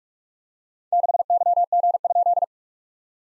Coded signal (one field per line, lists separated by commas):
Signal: Morse code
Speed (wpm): 44 wpm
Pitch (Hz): 700 Hz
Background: none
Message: 6YG?